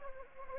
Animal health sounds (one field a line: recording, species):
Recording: mosquito wingbeat signal from an infrared sensor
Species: Anopheles gambiae